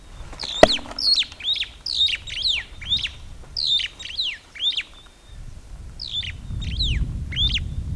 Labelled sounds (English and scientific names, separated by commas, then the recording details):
Superb Starling (Lamprotornis superbus) flight call
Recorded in Kenya on 28 April 2009 at 08:57
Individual 2, of group CF1